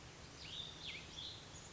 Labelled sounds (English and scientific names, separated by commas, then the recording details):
Cassin's Vireo (Vireo cassinii)
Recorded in Sonoma County, California